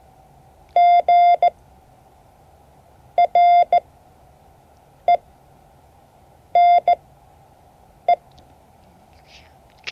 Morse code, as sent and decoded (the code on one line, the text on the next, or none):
--. / .-. / . / -. / .
G R E N E